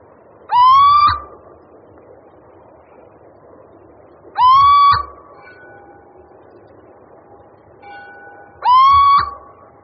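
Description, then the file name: Little owl producing loud, rising nasal whistles about every four seconds, three in all, with fainter steady tones between them. "Sýček obecný"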